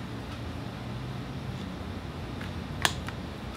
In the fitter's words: there we go clicked